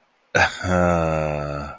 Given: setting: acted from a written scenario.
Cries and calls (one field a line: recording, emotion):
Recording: vocal sound without words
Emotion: ecstasy